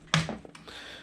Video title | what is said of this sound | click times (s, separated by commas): New V2 Tool Box / Chest From Harbor Freight Tour. 26" to 44" with Locker | this has a hook on it that opens up and locks into place | 0.1 s